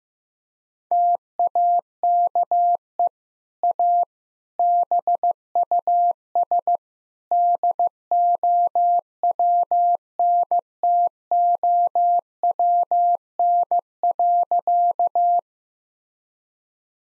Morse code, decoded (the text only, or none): TAKE A BUS DOWNTOWN.